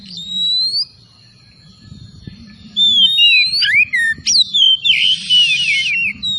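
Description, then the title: Oriental magpie-robin song: a short rising whistle, then after a pause bursts of rich varied whistles and a raspy buzzy note, over a low hum. Singing vigorously (gacor); 'Tretes' named with the bird. "Kacer Tretes Gacor"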